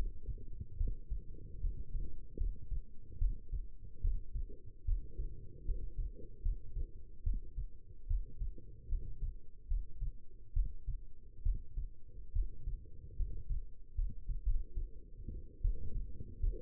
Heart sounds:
heart sounds by stethoscope; 73 bpm
0.77 s: heartbeat
1.60 s: heartbeat
2.37 s: heartbeat
3.18 s: heartbeat
4.01 s: heartbeat
4.84 s: heartbeat
5.65 s: heartbeat
6.42 s: heartbeat
7.23 s: heartbeat
8.07 s: heartbeat
8.88 s: heartbeat
9.67 s: heartbeat
10.53 s: heartbeat
11.42 s: heartbeat
12.32 s: heartbeat
13.16 s: heartbeat
13.95 s: heartbeat
14.45 s: heartbeat
15.61 s: heartbeat
16.40 s: heartbeat
From the record:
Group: healthy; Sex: female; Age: 22 years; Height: 171 cm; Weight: 65.6 kg

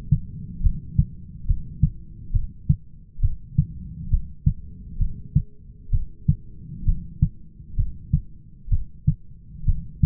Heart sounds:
heart sounds by stethoscope; 66 bpm
0.64 s: heartbeat
1.48 s: heartbeat
2.34 s: heartbeat
3.23 s: heartbeat
4.12 s: heartbeat
5.00 s: heartbeat
5.93 s: heartbeat
6.87 s: heartbeat
7.78 s: heartbeat
8.71 s: heartbeat
9.67 s: heartbeat
From the record:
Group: heart failure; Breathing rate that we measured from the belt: 20 breaths a minute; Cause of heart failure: idiopathic cardiomyopathy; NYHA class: 1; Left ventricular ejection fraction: 50%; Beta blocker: bisoprolol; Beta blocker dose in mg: 5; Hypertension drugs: candesartan, spironolactone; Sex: male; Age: 54 years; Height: 180 cm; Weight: 94.6 kg

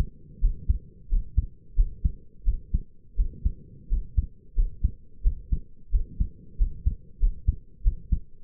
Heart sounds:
heart sounds by stethoscope; 89 bpm
0.41 s: heartbeat
1.09 s: heartbeat
1.76 s: heartbeat
2.45 s: heartbeat
3.16 s: heartbeat
3.89 s: heartbeat
4.55 s: heartbeat
5.23 s: heartbeat
5.91 s: heartbeat
6.58 s: heartbeat
7.19 s: heartbeat
7.83 s: heartbeat
From the record:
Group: healthy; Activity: rest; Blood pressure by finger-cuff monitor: 95/58 mmHg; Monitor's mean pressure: 69 mmHg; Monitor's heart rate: 89 bpm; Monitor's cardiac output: 6.6 L/min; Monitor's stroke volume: 74 mL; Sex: male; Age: 22 years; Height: 181 cm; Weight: 60 kg

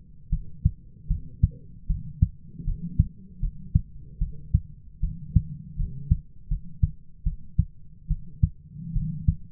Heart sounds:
heart sounds by stethoscope; 76 bpm
0.30 s: heartbeat
1.08 s: heartbeat
1.87 s: heartbeat
2.65 s: heartbeat
3.40 s: heartbeat
4.19 s: heartbeat
5.01 s: heartbeat
5.77 s: heartbeat
6.49 s: heartbeat
7.24 s: heartbeat
8.08 s: heartbeat
8.94 s: heartbeat
From the record:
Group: healthy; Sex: female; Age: 22 years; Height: 161 cm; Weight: 65.5 kg

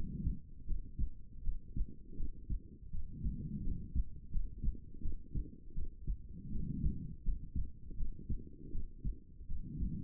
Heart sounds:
heart sounds by stethoscope; 82 bpm
0.65 s: heartbeat
1.42 s: heartbeat
2.15 s: heartbeat
2.90 s: heartbeat
3.62 s: heartbeat
4.30 s: heartbeat
5.01 s: heartbeat
5.73 s: heartbeat
6.50 s: heartbeat
7.23 s: heartbeat
7.96 s: heartbeat
8.70 s: heartbeat
9.46 s: heartbeat
From the record:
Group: healthy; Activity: rest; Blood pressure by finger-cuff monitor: 118/68 mmHg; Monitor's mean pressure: 84 mmHg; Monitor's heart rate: 82 bpm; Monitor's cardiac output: 7.7 L/min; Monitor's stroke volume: 94 mL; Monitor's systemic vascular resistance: 790 dyn s/cm5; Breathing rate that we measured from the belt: 18 breaths a minute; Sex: female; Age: 23 years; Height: 160 cm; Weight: 50.4 kg

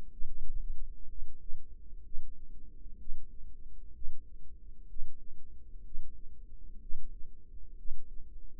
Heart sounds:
heart sounds by microphone in the right ear; 63 bpm
0.07 s: heartbeat
1.05 s: heartbeat
2.00 s: heartbeat
2.95 s: heartbeat
3.90 s: heartbeat
4.85 s: heartbeat
5.81 s: heartbeat
6.77 s: heartbeat
7.74 s: heartbeat
From the record:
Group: healthy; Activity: Valsalva maneuver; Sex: male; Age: 25 years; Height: 170 cm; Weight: 70.4 kg

